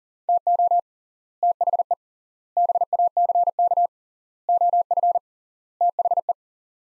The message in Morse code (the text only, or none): TO THE BACK OF THE